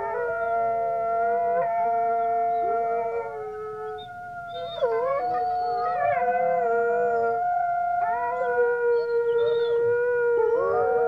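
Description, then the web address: Grey wolf: grey wolves howl in a group, long level notes joined midway by swooping, yipping howls that rise sharply and then settle. Small pack howling. "wolves howling small pack animal wolf"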